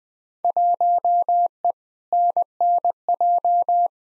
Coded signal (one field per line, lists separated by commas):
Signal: Morse code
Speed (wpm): 20 wpm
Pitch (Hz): 700 Hz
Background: none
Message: 1E NNJ